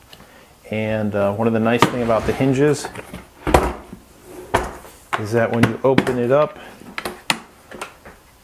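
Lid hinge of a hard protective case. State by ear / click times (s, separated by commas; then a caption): seated / 7.3 s. Someone talks as the lid of a Pelican 1560 hard protective case with Kaizen foam for a DJI Phantom 2 is swung open. Its heavy-duty hinges lock it in the open position with a sharp click at 7.3 s, among a few other short knocks. The lid stays open so it will not fall shut.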